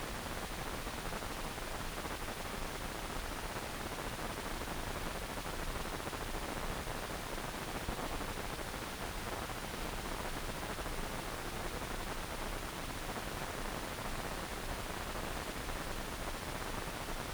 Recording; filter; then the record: brain microelectrode recording played as sound; wide band, above 20 Hz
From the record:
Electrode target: subthalamic nucleus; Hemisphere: right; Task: reaching with the left hand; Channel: 1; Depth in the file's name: 1.506 mm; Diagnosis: Parkinson's disease